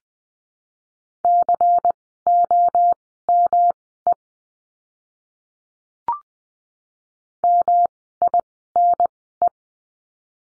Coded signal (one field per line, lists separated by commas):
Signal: Morse code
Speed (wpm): 20 wpm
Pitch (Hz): 700 Hz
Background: none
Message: COME MINE